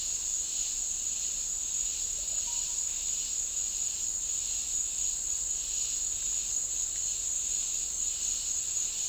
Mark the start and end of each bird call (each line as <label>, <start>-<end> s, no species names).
bird call, 2.12-2.83 s